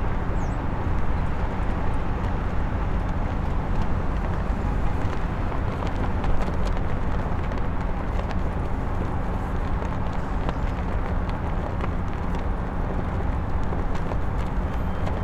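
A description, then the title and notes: A flag flaps steadily in a strong city wind, its dense fluttering constant over a low, rumbling roar of wind and traffic. Windy Flapping Flag in the City.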